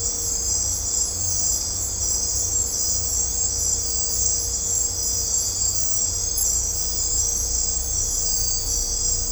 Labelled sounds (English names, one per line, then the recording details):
none
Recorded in dense forest near Puerto Asís, Putumayo, Colombia, on 16 December 2024 at 03:00
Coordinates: 0.503, -76.323
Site G043